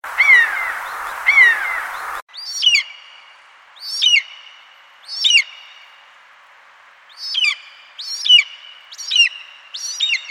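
Eagle calling, high thin descending whistled notes repeated every second or so, with a longer pause midway.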